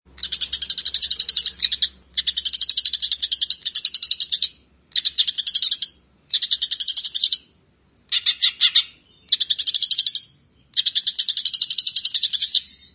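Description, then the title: Grey-cheeked bulbul giving rapid, rattling chatter in repeated bursts of about one to two seconds with brief gaps, harsh and buzzy throughout. "Kicau Burung Cucak Jenggot"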